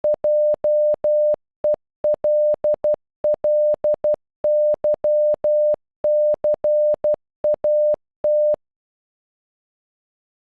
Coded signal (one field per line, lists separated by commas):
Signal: Morse code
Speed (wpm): 12 wpm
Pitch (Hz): 600 Hz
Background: none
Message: JELLYCAT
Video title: Jellycat in Morse code